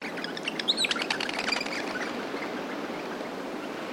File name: Bird Crimson Rosella Group Chirp